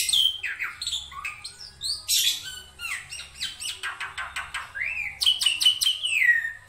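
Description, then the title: Black-winged myna song, a dense run of varied whistles, sharp descending slurs and rapid clicking notes, loud and continuous throughout. Dense, energetic song with many variations, used as a tutor recording for training songbirds. "Kicauan Rapat Jalak Putih Gacor Banyak Variasi Untuk Masteran"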